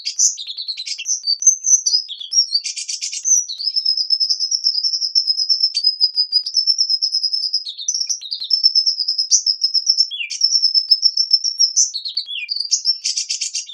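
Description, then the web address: Hummingbird song, mostly a long, steady, very high thin trill with squeaky chirps at the start and buzzy bursts near the beginning and end. "singing hummingbirds"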